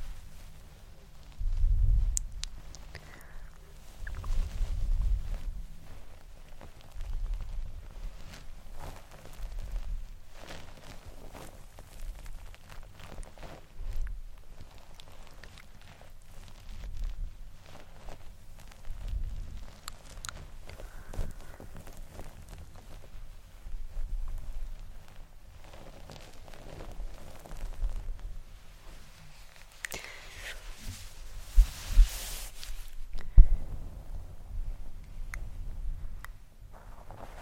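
Fabric rustles and shifts in uneven bursts, mostly soft, with deep low thumps and rumbles beneath throughout. Louder brushing swells appear near the start and again around the thirty-second mark, where a brighter, hissing rub stands out before settling.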